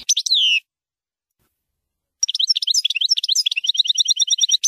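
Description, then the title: European goldfinch song: a brief twittering phrase with a falling note, a pause, then a lively run of high, bouncing chirps and trills. "Chant Chardonneret"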